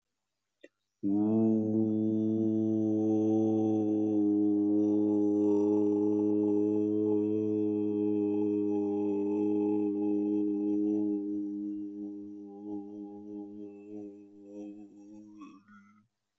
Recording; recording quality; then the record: sustained vowel as in boot; excellent, no background noise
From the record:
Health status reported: healthy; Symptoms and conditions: none ticked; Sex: male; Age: 31 years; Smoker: not ticked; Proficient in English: yes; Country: India